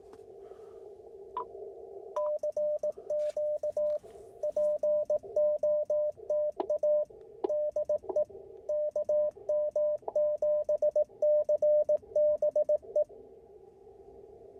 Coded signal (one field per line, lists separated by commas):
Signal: Morse code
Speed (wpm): 18 wpm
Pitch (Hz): 600 Hz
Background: radio noise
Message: CQ POTA DE KM7CBE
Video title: Wind, Wire, and QRP — A CW POTA Activation at Montezuma’s Pass